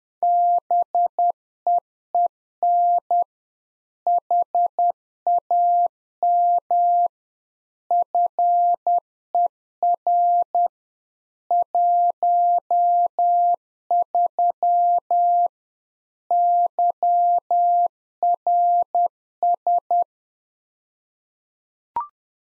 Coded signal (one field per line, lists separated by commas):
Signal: Morse code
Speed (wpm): 10 wpm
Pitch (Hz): 700 Hz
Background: none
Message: BEEN HAM FER 13 YRS